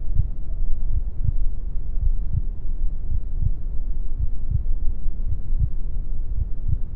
Heartbeat Sound | A Mother's Womb. The gentle thumping of my mother's heartbeat serves as the main focus, a steady rhythm that reverberates through the fluid-filled space.